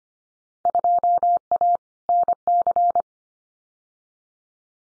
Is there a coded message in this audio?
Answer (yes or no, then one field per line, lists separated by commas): yes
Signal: Morse code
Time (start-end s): 0.7-3.0 s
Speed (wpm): 25 wpm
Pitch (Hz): 700 Hz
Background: none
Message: 2A NC